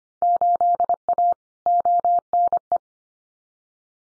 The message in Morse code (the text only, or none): 8A ONE